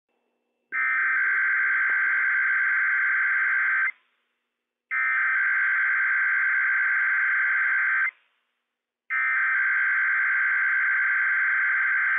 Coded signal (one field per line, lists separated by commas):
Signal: Emergency Alert System (SAME) tones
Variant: header bursts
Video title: Inland Northwest RWT - WWF56 - EAS #111 - 10:05 AM PDT 6/8/21